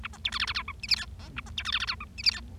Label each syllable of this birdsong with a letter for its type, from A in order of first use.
A B C D E E F G H I J K A B C D E E F G H I J